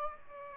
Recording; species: mosquito wingbeat signal from an infrared sensor; Aedes aegypti